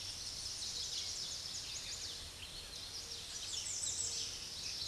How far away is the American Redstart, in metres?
about 35 m